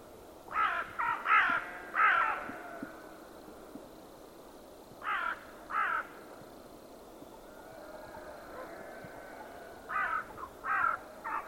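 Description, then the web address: Bird giving harsh, hoarse caws in short bursts of two or three, separated by pauses of a few seconds, over a steady background hiss. "cianscape. Deverinetal 2025. Bird Only"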